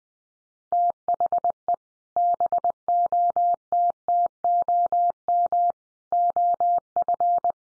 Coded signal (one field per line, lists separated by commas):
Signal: Morse code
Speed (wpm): 20 wpm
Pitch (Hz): 700 Hz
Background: none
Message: THE BOTTOM OF